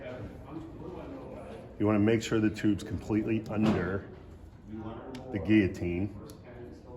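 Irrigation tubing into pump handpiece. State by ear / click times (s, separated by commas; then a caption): not seated / none. Silicone irrigation tubing is placed into the plastic pump handpiece of a Karl Storz Vetpump 2 for otoscopy, under the guillotines, before being pulled in. Someone talks from about 1.8 to 4.0 seconds and again from about 5.0 to 6.1 seconds over faint low handling noise. Nothing has clicked into position yet.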